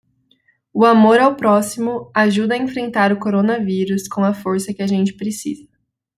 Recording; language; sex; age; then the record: spoken sentence; Brazilian Portuguese; female; 20 to 29 years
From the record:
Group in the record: control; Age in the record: 23 years